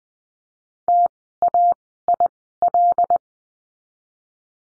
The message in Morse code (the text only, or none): TAIL